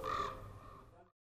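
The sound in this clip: Raven giving a single harsh, hoarse croak that starts loud and fades quickly, with no other sounds.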